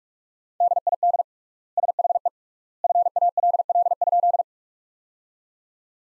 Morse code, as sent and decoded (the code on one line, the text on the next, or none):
-.. .. -.. / ... .... . / ..-. .- .-.. .-.. ..--..
DID SHE FALL?